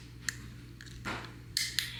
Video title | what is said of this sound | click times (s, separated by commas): *NEW* mobile home updates + mobile home homemaking + day in the life - DOUBLE WIDE TRAILER LIVING! | Snap. They snap right in. | 1.6 s, 1.8 s